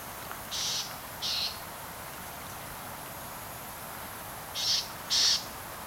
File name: krupers nuthatch